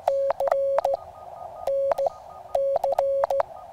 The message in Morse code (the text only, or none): C N C